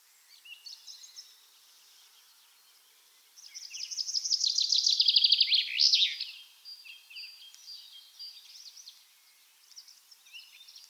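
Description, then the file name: Common chaffinch song: one loud, descending series of notes finishing with a sharp flourish, with faint twittering before and after. "Fringilla coelebs"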